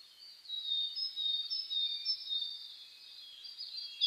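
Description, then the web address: Birds chorusing with steady high-pitched whistles and repeated chirping notes, overlapping without pause. Dawn chorus (reimei) of birdsong (saezuri), recorded 10 May 2010. "reimei DH-D 50-saezuri-20100510"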